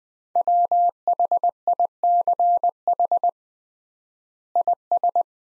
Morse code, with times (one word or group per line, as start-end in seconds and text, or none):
0.4-3.3 WHICH
4.6-5.2 IS